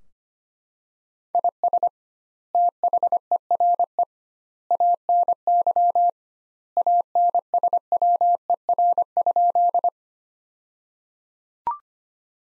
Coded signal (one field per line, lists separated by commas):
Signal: Morse code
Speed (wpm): 25 wpm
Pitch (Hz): 700 Hz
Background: none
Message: IS THERE ANY ANSWER?